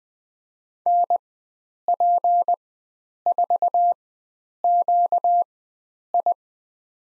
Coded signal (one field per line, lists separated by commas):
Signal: Morse code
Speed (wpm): 20 wpm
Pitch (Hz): 700 Hz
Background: none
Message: NP4QI